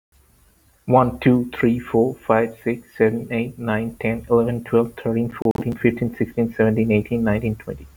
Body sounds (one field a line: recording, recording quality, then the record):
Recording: counting at a fast pace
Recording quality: excellent, no background noise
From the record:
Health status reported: healthy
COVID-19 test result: not tested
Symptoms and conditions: none ticked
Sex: male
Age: 30 years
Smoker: not ticked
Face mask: not worn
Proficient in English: yes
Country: India